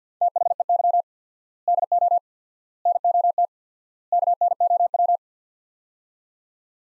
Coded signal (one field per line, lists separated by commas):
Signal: Morse code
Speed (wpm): 50 wpm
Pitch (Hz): 700 Hz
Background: none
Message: THEY DO NOT KNOW